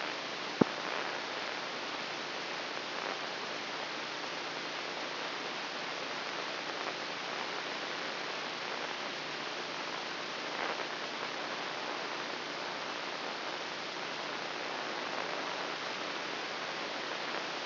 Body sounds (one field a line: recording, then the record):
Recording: brain microelectrode recording played as sound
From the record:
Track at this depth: inside the subthalamic nucleus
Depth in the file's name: 4.107 mm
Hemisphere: left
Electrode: 2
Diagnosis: Parkinson's disease